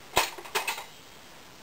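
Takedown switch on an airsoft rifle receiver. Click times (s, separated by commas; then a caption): 0.2 s. The takedown switch near the grip of a Classic Army CA AUG A1 airsoft rifle is pushed in, giving a slight click at 0.2 s. Two more sharp clicks follow at 0.6 s and 0.7 s as the switch releases and the rifle's receiver comes apart into its two main parts.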